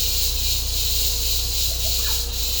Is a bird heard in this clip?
no